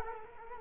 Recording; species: mosquito wingbeat signal from an infrared sensor; Culex quinquefasciatus